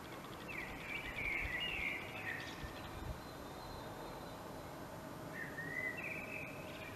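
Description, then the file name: Common blackbird giving two mellow, warbling song phrases separated by a pause of a few seconds, with a constant low background hiss. "Turdus merula"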